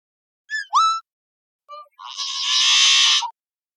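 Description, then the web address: Yellow-headed blackbird song: a few clipped, rising whistled notes, a short pause, then a long harsh, grating buzz lasting over a second. "birdvocals CR YHBL"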